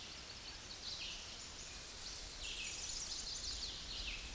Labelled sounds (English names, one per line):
Red-eyed Vireo song